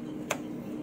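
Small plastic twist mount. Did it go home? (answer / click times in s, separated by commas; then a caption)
yes / 0.3 s. An action camera quick-release adapter is flipped the right way round and twisted into a Kawasaki Z1000 R motorcycle mount. A single sharp tick at 0.3 s stands out above a steady low hum, and the adapter is locked in place.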